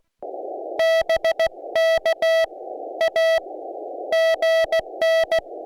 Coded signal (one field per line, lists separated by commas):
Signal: Morse code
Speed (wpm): 16 wpm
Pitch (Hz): 650 Hz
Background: none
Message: BK AGN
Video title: A Field Day at Home with The Club!!!